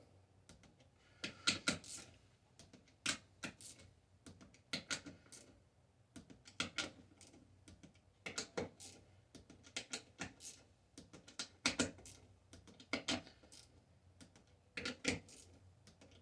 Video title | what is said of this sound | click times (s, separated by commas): Build Your Own Lithium Bank Lishen lifepo4 bank using BMS-Batteries | I'll just go along and torque every one until it clicks at 4. | 1.5 s, 1.7 s, 6.6 s, 11.7 s, 11.8 s